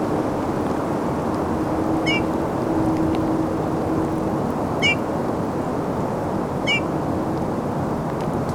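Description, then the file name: Eurasian bullfinch, three mellow falling whistle notes spaced about two to three seconds apart, over continuous low background hum. "Pyrrhula pyrrhula"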